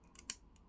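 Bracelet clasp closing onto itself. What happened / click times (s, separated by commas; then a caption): The metal clasp snapped shut / 0.3 s. The metal clasp on the steel bracelet of a Seiko Nautilus mod watch with an NH35 movement is closed onto itself, with faint ticks just before and after. It shuts with a single sharp, bright, satisfying click at 0.3 s, and the clasp is fully closed.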